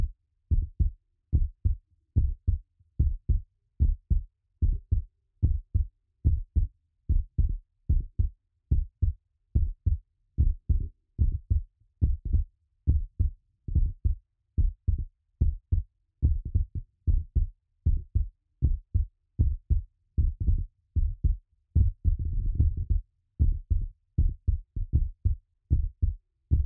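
Heartbeat, about 73 beats per minute, paired low-pitched thumps.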